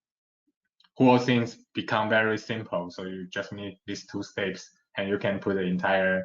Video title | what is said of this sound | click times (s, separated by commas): Revolutionizing Small-Scale Cell Culture - C.BIRD™ - Microbioreactor for Cell Line Development (CLD) | and you will hear a a click song once you put it on so the the whole | 0.8 s